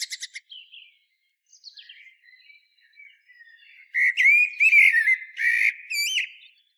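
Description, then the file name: Common blackbird song: a few sharp high notes and soft warbles, then a loud burst of fluty, slurred whistles in the last few seconds, closing with squeaky high notes. "Turdus merula"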